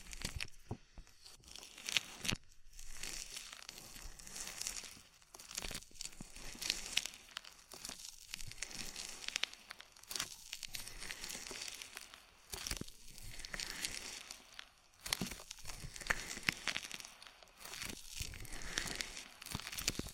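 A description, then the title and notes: Ear massage sounds: dense, crinkly rubbing and crackling, bright and hissy, moving in bursts of a second or two with short quiet gaps between. Sharp clicks and snaps pop out now and then, and the texture swells and fades irregularly throughout. ASMR Oil, Foam and Tingly Ear Massage.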